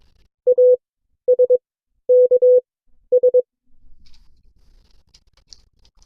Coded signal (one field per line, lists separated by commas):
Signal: Morse code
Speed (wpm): 22 wpm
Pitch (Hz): 500 Hz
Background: none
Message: ASKS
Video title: CW Class - Session 4 (2026-02-12)